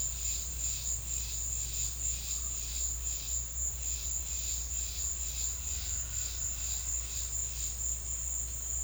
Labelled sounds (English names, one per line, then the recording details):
none
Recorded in secondary vegetation near Puerto Asís, Putumayo, Colombia, on 8 March 2025 at 16:00
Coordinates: 0.498, -76.327
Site G001